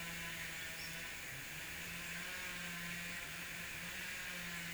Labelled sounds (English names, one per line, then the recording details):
none
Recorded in pastures near Puerto Asís, Putumayo, Colombia, on 30 June 2025 at 14:00
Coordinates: 0.486, -76.323
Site H29